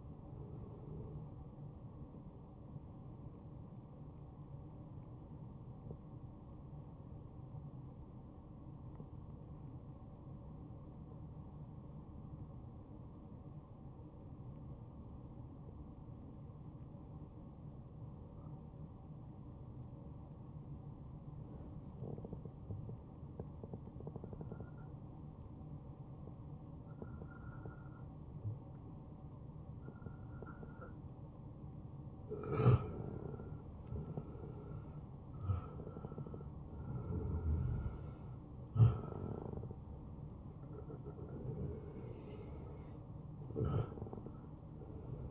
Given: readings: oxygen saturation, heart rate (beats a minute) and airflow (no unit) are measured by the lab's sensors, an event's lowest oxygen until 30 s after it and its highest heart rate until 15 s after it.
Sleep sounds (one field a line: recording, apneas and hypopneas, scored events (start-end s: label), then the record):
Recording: breathing in sleep by a smartphone at the bedside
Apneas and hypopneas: 1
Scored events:
0.00-6.00 s: awake
4.00-34.00 s: new sleep stage, N1 (lightest sleep)
6.00-32.00 s: hypopnea (N1, oxygen 98% highest, then 91% lowest, heart rate 80 at the start, 80 highest)
34.00-45.31 s: new sleep stage, awake
37.00-45.31 s: awake
From the record:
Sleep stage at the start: awake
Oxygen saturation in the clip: 88 to 98%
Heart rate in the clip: 61 to 91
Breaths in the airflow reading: 13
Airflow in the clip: -6.9 to 7.2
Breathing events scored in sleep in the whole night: 263 in 5.5 hours asleep